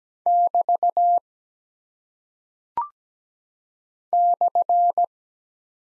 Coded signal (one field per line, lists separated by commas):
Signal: Morse code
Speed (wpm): 17 wpm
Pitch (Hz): 700 Hz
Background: none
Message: <BT> /